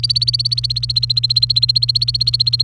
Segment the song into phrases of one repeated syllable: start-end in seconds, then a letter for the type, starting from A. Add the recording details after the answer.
0.00-2.63 A. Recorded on 28 April 2018 at 08:01. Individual llb3